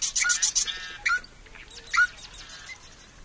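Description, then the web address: Marsh Wren song notes: a short buzzy trill, then scattered sharp chips and short notes separated by brief gaps. Common western species of North America. "Songs of Birds of North America Know Your Bird Sounds. Marsh Wren"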